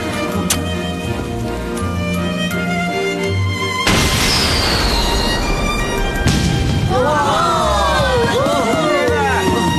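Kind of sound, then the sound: sound effect, fireworks exploding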